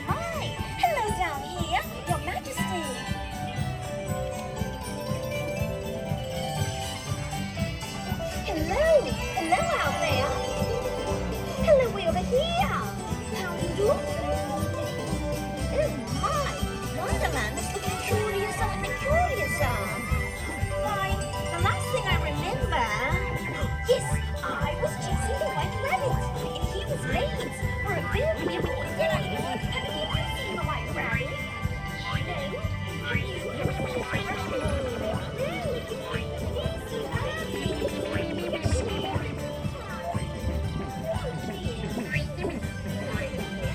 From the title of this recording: The Main Street Electrical Parade (Disneyland) Binaural Recording